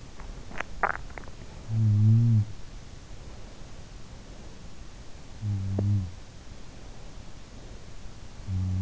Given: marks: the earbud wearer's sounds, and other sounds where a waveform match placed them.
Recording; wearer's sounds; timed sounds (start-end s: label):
sounds in sleep by an in-ear microphone; teeth grinding
0.40-1.30 s: teeth grinding
1.47-3.30 s: sound from someone else or the room
4.81-6.52 s: sound from someone else or the room